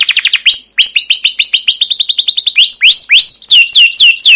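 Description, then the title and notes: Canary song of quick, bright, rising chirps repeated several times a second, slowing into broader, swooping, whistled notes. Caged canary song used as lure to train young canaries to learn sounds; style described as cuit cuit ngerol, gacor panjang, emosi: chirping, rolling, long continuous excited singing. "CUIT CUIT NGEROL GACOR PANJANG Kenari Pancingan KENAR. PANCINGAN Kenari GACOR PANJANG Cuit CUIT EMOSI MASTERAN Kenari PAUD belajar BUNYI. burung kenari"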